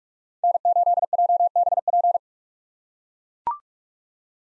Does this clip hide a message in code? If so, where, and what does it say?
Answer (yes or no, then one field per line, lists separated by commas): yes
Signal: Morse code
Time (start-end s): 0.4-2.2 s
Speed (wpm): 43 wpm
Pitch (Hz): 700 Hz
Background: none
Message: N8JBP